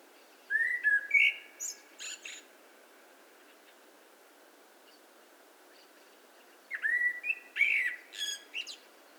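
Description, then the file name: Common blackbird song: two phrases about six seconds apart, each a low fluted whistle followed by a high, squeaky twittering flourish, over a faint steady background hiss. "Turdus merula"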